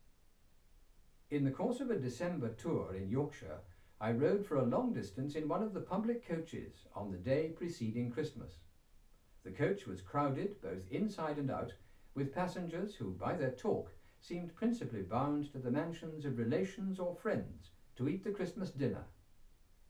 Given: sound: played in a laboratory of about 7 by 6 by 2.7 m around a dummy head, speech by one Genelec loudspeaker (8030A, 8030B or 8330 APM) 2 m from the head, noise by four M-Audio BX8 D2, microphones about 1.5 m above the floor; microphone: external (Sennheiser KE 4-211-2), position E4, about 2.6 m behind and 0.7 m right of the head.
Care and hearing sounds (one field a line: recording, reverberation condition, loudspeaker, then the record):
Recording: male speech in English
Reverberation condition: low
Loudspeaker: 60 degrees to the right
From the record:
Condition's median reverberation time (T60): about 310 ms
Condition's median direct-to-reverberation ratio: about 3.5 dB